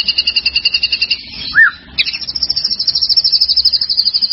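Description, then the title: White-rumped shama song: a fast pulsed trill on two high pitches, broken by one short arched whistle, then the rapid high trill resumes to the end. "murai batu"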